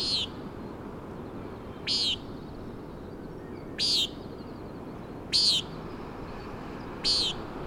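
Common Nighthawk giving buzzy nasal peent calls, one roughly every two seconds, five in all, over steady wind and ocean noise.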